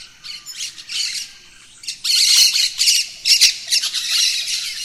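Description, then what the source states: Birds calling together, loud sharp squawks and rapid chirps in uneven bursts, a short lull before a louder dense stretch. Dawn chorus of birds in the rainforest, Gran Sabana, Venezuela.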